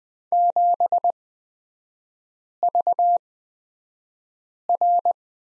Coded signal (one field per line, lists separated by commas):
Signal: Morse code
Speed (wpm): 20 wpm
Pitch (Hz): 700 Hz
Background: none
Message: 7VR